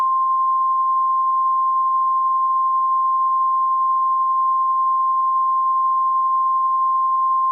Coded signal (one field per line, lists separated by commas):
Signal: Emergency Alert System (SAME) tones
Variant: 1050 Hz attention tone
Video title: EAS Scenario: The Huge Hawaiian Tsunami